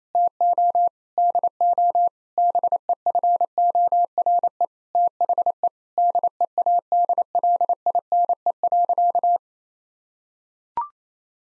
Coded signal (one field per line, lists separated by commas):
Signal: Morse code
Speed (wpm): 28 wpm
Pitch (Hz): 700 Hz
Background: none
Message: TO DO BEFORE THE DEADLINE.